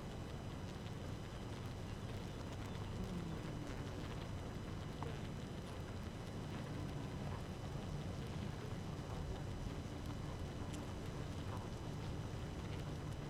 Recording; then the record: honeybee colony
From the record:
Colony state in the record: active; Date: 12 June 2018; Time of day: 5:16